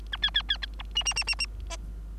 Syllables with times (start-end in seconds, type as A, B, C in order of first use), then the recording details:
0.12-0.17 A, 0.22-0.30 B, 0.34-0.42 B, 0.48-0.57 B, 0.62-0.66 A, 0.79-0.82 C, 0.95-1.03 D, 1.05-1.14 D, 1.16-1.24 D, 1.27-1.35 D, 1.39-1.46 D, 1.70-1.77 E. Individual Bird3